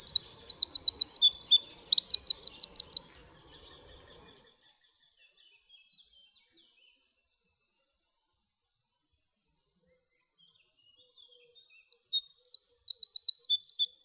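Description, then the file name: Eurasian wren singing two bursts of high, hurried trilled notes separated by a long silence. "Troglodytes troglodytes"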